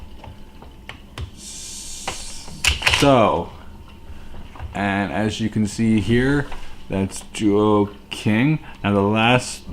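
A plastic toy part is pushed into place while combining the Zyuoh King toy robot, giving sharp plastic clicks at 0.9 s and 1.2 s as it seats. Someone then talks over faint handling sounds.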